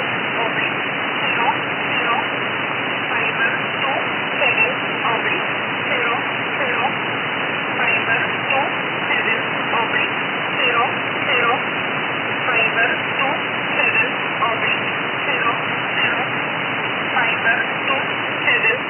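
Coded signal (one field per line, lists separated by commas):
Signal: numbers station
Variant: E11 Oblique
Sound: faint voice reading short words, buried in steady hissing shortwave static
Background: radio static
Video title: Numbers Station E11 Oblique 5409 kHz USB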